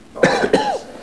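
Two quick, harsh cough bursts, about a third of a second apart, each with a voiced tail. An acted adult cough.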